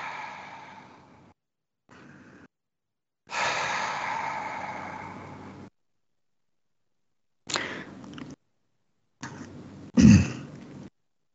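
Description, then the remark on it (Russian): Several airy, noisy breaths of a breathing exercise, in through the nose and out through the mouth, with short pauses between them, including a long, steady exhale lasting a couple of seconds, followed by a few shorter, sharper breaths. No talking. “Вдыхаем через нос, выдыхаем через рот.”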